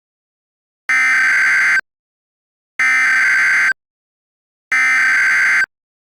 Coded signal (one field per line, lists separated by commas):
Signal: Emergency Alert System (SAME) tones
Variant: header bursts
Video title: EAS Mock:2018 National Test but on DASDEC